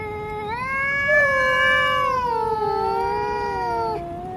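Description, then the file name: Domestic cat with one sustained, moaning meow of about three and a half seconds, slightly rising early then slowly falling toward its close. Male cat (tomcat). "tieng meo duc keu"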